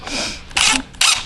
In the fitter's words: just snaps right in right yeah but it goes underneath the wiring now